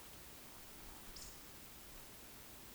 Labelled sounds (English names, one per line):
Eurasian Woodcock whistle
Eurasian Woodcock croak